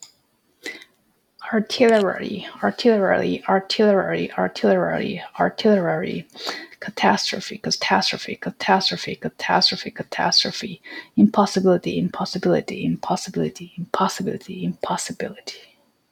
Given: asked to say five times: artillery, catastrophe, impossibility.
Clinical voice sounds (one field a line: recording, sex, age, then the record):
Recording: three words, each repeated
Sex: female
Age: 40 to 49 years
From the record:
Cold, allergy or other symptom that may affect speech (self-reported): no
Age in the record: 40 years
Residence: California, United States